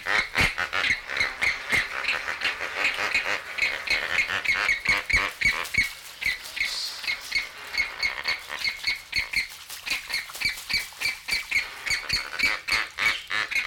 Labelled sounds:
Lesser Flamingo

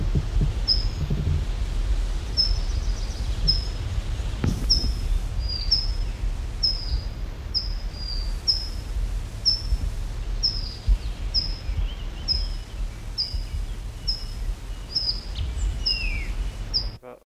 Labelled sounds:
Collared Flycatcher

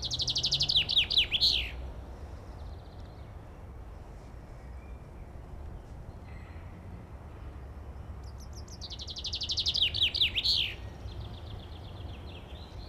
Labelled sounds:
Common Chaffinch song

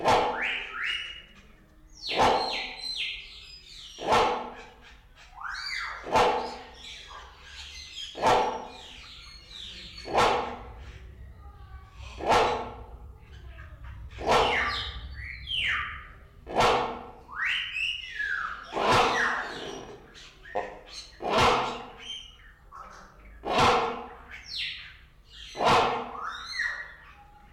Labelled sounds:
Great Hornbill call

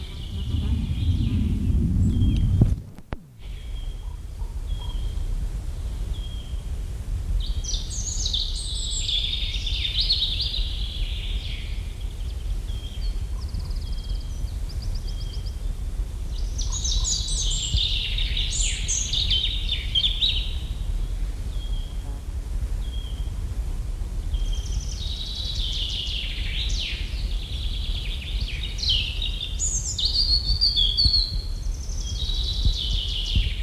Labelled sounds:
European Robin song

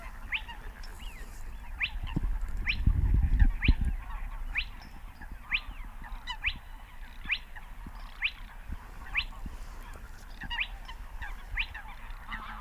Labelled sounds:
Spotted Crake

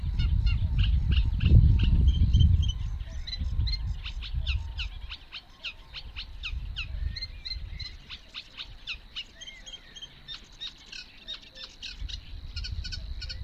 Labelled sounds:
Eurasian Reed Warbler song

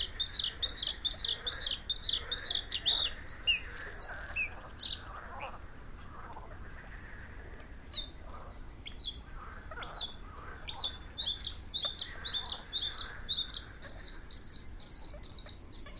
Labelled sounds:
Bluethroat song

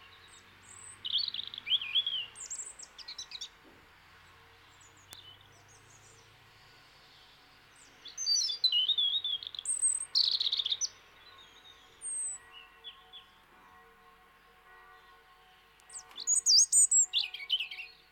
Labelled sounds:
European Robin song

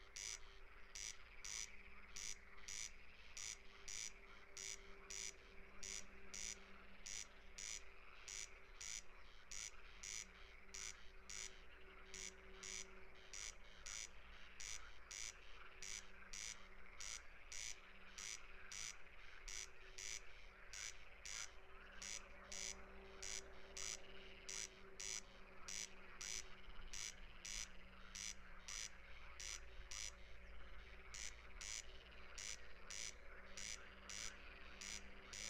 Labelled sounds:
Corn Crake song

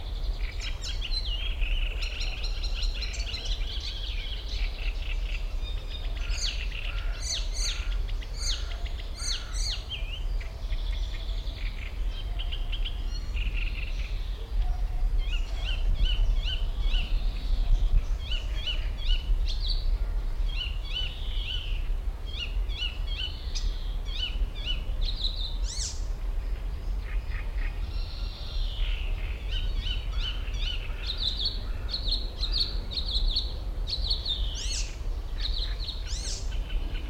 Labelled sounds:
Icterine Warbler

